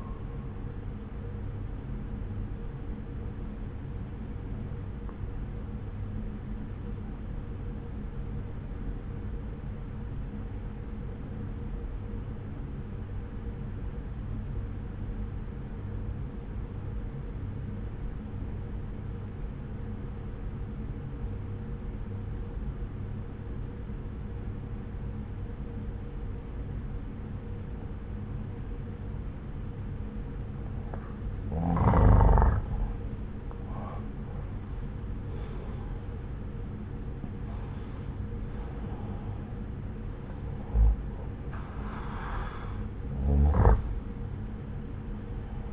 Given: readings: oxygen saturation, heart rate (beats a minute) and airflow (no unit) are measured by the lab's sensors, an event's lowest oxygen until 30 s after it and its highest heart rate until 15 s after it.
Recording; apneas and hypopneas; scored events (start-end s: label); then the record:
breathing in sleep by a smartphone at the bedside; 1
5.00-31.90 s: obstructive apnea (N1, oxygen 95% highest, then 86% lowest)
From the record:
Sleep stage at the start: N1 (lightest sleep); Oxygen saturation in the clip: 86 to 95%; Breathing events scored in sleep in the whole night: 303 in 8.1 hours asleep